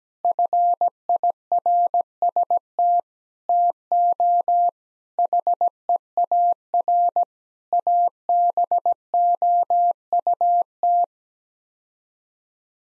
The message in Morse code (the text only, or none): FIRST TO HEAR ABOUT